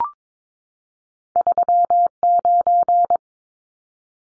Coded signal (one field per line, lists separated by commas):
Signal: Morse code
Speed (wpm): 22 wpm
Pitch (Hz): 700 Hz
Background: none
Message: 39